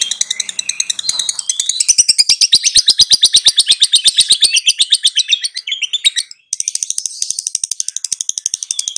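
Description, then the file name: Lovebird chattering: a fast, dense stream of shrill, high-pitched chirps and twitters, broken by a brief pause near six and a half seconds before resuming. "suara lovebird"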